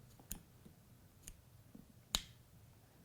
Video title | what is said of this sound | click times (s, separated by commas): CBE CX-5 Carbon Dovetail Bow Sight | you can hear it click into place | 2.2 s